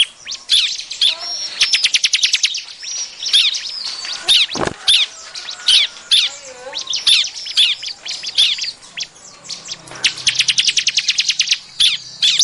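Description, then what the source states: Bar-winged prinia chattering in fast ticking runs and sharp chirps that alternate with sweeping high notes; a brief low thud. Noisy calls used as a lure to attract the bird.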